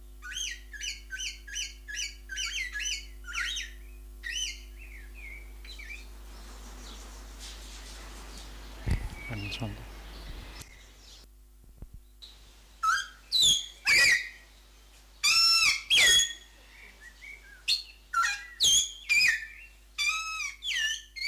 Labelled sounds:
Greater Vasa Parrot call
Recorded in captivity
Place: Zoo Berlin, Berlin, DE
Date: 2004-06-07 17:07
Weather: heiter-wolkig, 25°C
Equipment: Sony WM-D6C, Sennheiser ME 80, Kopie Uher 4000 Report Monitor
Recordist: Tembrock, Günter

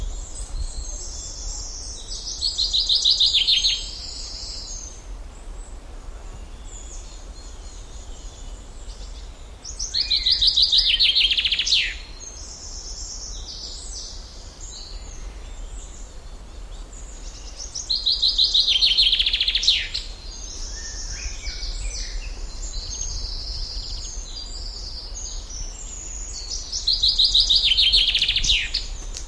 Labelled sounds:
Common Chaffinch song
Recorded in the wild
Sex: male
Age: adult
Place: Schildow, NSG, Kalktuffgelände am Tegeler Fließ (NSG Schildow), Berlin, DE
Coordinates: 52.64, 13.39
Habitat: forest
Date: 1992-06-21 10:20
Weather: sunny, 22 °C, strengthening winds
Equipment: Marantz CP 430, Sennheiser ME 80, Kopie Tesla B 116
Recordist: Tembrock, Günter

